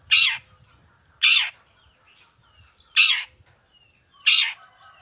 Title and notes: Cendet Gacor Dor Di Kala Pagi Toet Toet Variasi Suara. Efektif Cendet Gacor Suara Jernih Full Variasi Sangat Mudah Di Tiru Cendet Jenis Apapun. Burung cendet